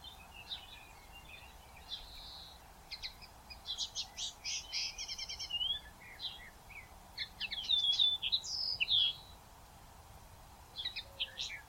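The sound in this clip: Common linnet song: rapid twittering and buzzy trills, scattered notes building into dense chattering phrases with a few clear whistled slurs.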